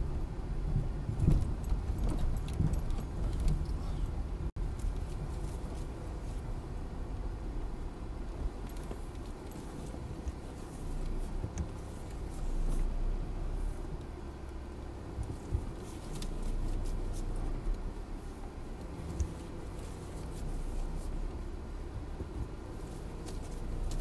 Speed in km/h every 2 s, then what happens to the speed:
13, 11, 7, 5, 0, 0, 0, 0, 0, 0, 0, 0.
0-8 slows to 0. 8-24 standing.